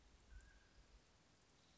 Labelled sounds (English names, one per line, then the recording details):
Mountain Quail
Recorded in Sonoma County, California